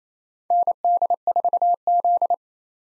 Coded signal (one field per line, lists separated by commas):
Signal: Morse code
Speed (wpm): 28 wpm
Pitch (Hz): 700 Hz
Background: none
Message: ND4Z